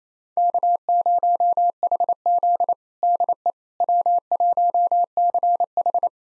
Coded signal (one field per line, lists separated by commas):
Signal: Morse code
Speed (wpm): 27 wpm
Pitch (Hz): 700 Hz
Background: none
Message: K0HZ DE W1CH